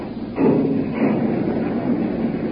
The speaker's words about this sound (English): There's nothing but black cloud puffs from the explosions in the sky and the distant roar of the plane motors. Now they're working toward our aft again.